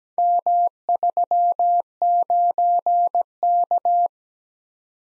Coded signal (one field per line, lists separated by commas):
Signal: Morse code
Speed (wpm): 17 wpm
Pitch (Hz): 700 Hz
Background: none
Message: M39K